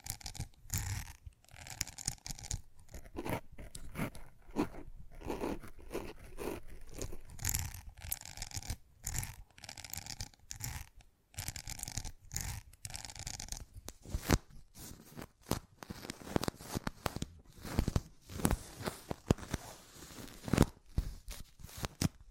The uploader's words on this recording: ASMR Fast Changing Unpredictable Triggers (No Talking).